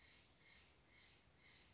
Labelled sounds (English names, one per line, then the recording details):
Steller's Jay
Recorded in Sonoma County, California